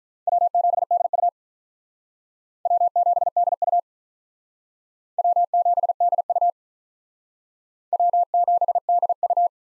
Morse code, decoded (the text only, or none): W7DU W7DU W7DU W7DU